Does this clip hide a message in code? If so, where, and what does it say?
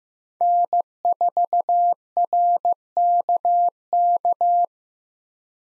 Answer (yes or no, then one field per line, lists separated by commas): yes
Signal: Morse code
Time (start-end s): 0.4-4.6 s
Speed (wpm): 15 wpm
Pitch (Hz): 700 Hz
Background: none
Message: N4RKK